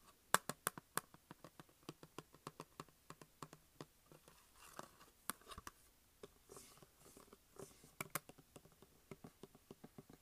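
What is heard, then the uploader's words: Fingers tap and click on a plastic case in quick, uneven bursts, sharp, with short pauses between runs. Around the middle and again near the end, softer scratching rubs fill the gaps. Tapping and Scratching Plastic Case.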